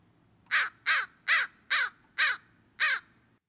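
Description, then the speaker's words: American Crow calls: six harsh caws in a quick series, each short and clipped, over a quiet background. Cawing calls, as distinct from the croaking calls of ravens. "crows have cawing calls."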